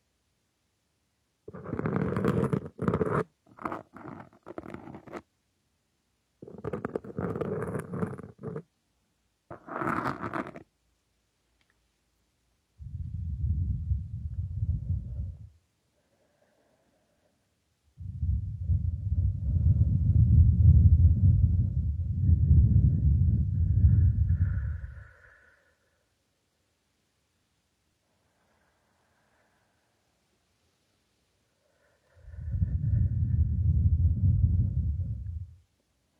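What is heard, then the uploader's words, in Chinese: Gentle blowing into a microphone comes in long soft gusts, around 13, 18 to 25 and 32 seconds, low and breathy with silence between. Earlier, from about 2 to 10 seconds, short bright scratchy brushing strokes suggest feather ear cleaning. 温柔吹气+鹅毛棒掏耳。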